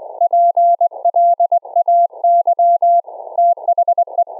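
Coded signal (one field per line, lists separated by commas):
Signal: Morse code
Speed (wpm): 25 wpm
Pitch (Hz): 690 Hz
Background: none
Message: PLAY THE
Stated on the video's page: CW sent over a remote rig via Secure Reliable Transport protocol through a Raspberry Pi rig interface.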